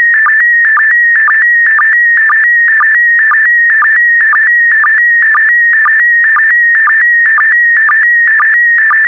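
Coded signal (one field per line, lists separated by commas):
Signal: SSTV (slow-scan television)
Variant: PD120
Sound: warbling high tone with rhythmic low blips about twice a second, steady throughout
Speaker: complete. You can now check your decoded image against the picture that is shown on the video.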